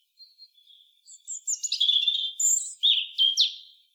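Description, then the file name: European robin singing a rapid, sweet phrase that starts with soft thin notes and swells into loud whistled warbles. "Erithacus rubecula"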